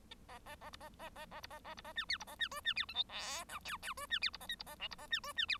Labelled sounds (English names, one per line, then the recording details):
Bengalese Finch song
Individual Bird1